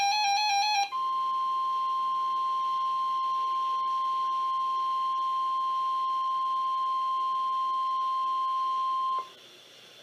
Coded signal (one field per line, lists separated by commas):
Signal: Emergency Alert System (SAME) tones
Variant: 1050 Hz attention tone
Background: music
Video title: {RARE} EAS #211-212 - 2 Same Tornado Watches #26 2-21-2014